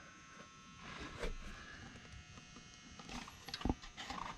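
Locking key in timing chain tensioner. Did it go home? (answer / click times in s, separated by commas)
no / none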